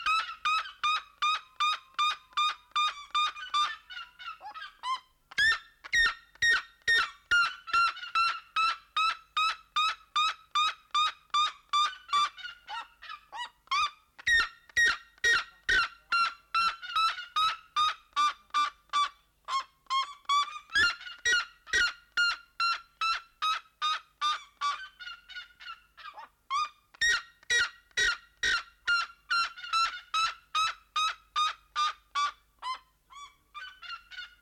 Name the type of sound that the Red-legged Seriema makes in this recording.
call